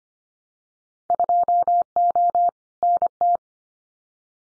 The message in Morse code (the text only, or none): 2O NT